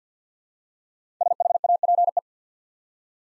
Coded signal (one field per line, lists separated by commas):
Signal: Morse code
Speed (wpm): 48 wpm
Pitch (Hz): 700 Hz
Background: none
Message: SHAPE